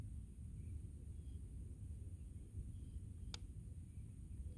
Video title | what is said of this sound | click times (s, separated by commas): Fox trapping: Part 3-Double fox catch | there is the click you can see there's not a lot of travel room on | 3.3 s